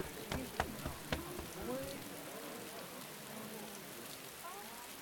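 rain falling

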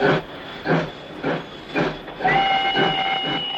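train

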